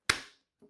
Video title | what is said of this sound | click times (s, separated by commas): I Lost 100 Lbs And This Is What I Drink For Breakfast | Make sure this is closed properly. You'll hear a click | 0.1 s